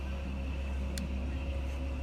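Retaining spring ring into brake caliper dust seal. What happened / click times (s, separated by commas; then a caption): The retaining spring snapped back into its groove / 1.0 s. A pick is worked around a brake caliper dust seal, and the metal retaining spring ring snaps back into its groove on the seal with a short, sharp click at 1.0 s over a steady low hum. The spring is seated back in place.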